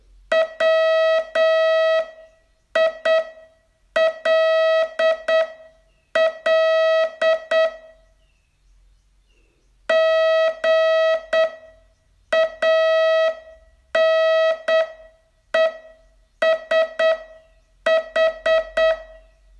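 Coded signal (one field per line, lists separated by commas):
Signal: Morse code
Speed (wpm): 8 wpm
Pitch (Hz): 650 Hz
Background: music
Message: WILL GANESH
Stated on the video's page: Morse training test, day 25 of a 42-day course.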